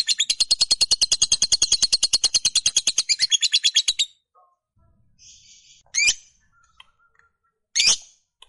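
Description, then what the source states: Lovebird in a rapid, harsh, high chatter for four seconds, then two loud sharp squeaks set apart by short silences. Fighter-type lovebird giving long chatter (ngekek panjang).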